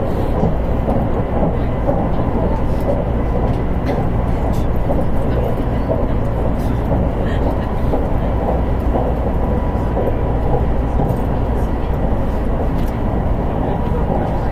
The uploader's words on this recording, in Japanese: 南海電鉄 ラピートβ りんくうタウンから難波まで。南海電気鉄道50000系電車の走行音です。空港線・南海線の特急列車 ラピートβにて収録しました。区間は、りんくうタウンから難波までです。